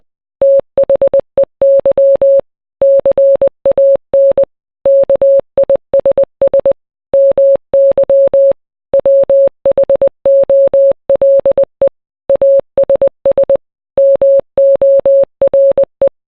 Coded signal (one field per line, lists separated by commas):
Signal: Morse code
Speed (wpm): 20 wpm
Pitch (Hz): 550 Hz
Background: none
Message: THEY CAN KISS MY WHOLE ASS MORE